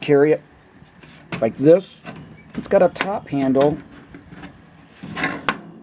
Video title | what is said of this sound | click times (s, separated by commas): Tekton's Stacking Tool Box L-BOXX 1 & L-BOXX 2 part of Tekton's L-BOXX® Stacking Organization System | that swings out, kind of locks in place so that you can pick it up this way. | 5.5 s